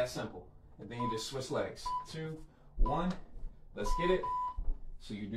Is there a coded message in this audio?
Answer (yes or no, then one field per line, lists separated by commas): no